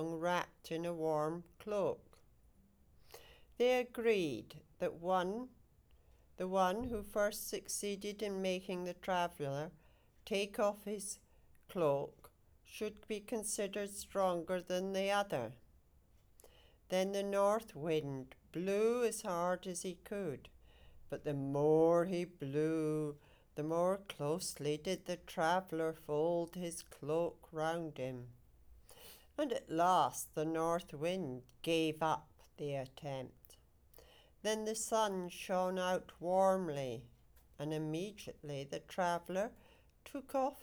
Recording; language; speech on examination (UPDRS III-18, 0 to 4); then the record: text read into a phone; English; 0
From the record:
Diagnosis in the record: healthy control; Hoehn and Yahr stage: 0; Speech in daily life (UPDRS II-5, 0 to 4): 0